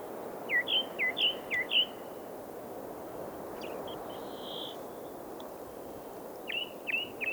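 Redwing delivering a quick series of six downward-slurred whistles, a pause with a faint buzzy note, then three more whistles at the end, under fairly loud low background noise.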